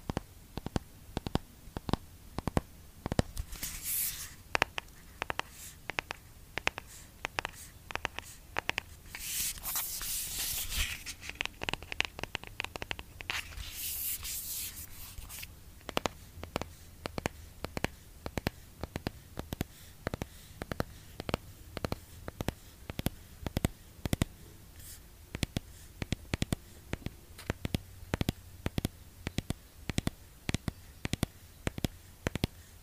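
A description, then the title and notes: Dry taps on an eyeshadow palette come in quick, uneven runs throughout, each a sharp click. Around 4, 10 and 14 seconds brief bright hissy brushing sounds rise up, and a faint low hum sits underneath. Asmr eyeshadow tapping. Blue yeti microphone.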